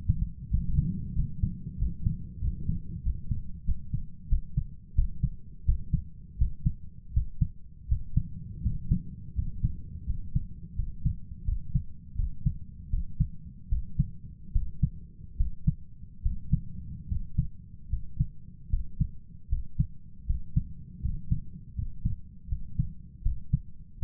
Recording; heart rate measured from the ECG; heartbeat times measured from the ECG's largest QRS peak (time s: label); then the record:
heart sounds by stethoscope; 82 bpm
0.49 s: heartbeat
1.14 s: heartbeat
1.77 s: heartbeat
2.40 s: heartbeat
3.02 s: heartbeat
3.64 s: heartbeat
4.28 s: heartbeat
4.94 s: heartbeat
5.64 s: heartbeat
6.37 s: heartbeat
7.12 s: heartbeat
7.87 s: heartbeat
8.61 s: heartbeat
9.34 s: heartbeat
10.05 s: heartbeat
10.74 s: heartbeat
11.44 s: heartbeat
12.15 s: heartbeat
12.89 s: heartbeat
13.68 s: heartbeat
14.51 s: heartbeat
15.36 s: heartbeat
16.21 s: heartbeat
17.07 s: heartbeat
17.88 s: heartbeat
18.69 s: heartbeat
19.48 s: heartbeat
20.25 s: heartbeat
21.00 s: heartbeat
21.74 s: heartbeat
22.47 s: heartbeat
23.21 s: heartbeat
23.98 s: heartbeat
From the record:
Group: healthy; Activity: rest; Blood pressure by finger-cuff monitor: 88/60 mmHg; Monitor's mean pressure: 68 mmHg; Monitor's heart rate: 82 bpm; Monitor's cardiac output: 6.6 L/min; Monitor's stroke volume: 84 mL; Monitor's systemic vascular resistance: 710 dyn s/cm5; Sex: male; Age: 23 years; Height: 178 cm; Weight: 96.6 kg